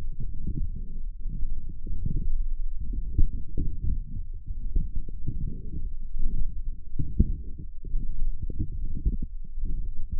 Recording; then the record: forearm muscle sounds (acoustic myography)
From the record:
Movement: forearm supination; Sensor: system 1, eight BSWA MPA416 microphones around the upper forearm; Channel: 8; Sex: male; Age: 20 years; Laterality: left